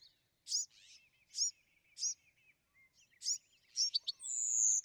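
Bewick's wren: spaced high notes, then a few quick notes and a long high whistled note.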